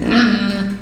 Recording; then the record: squeal of a Yucatan mini pig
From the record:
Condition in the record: after surgery on the right vocal fold (resection and tissue-engineered implant); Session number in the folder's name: 7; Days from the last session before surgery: 47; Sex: female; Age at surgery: 19 weeks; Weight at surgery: 25 kg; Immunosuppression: prednisolone